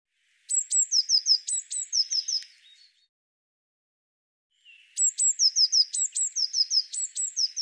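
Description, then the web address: Eurasian blue tit calling: two bursts of thin high notes that sweep down into quick runs of lower, slurred notes, repeated in phrases with a pause between bursts. "Deverinetal"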